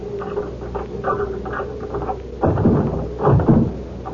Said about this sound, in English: Up four steps. Fine. Now, open the door with your key.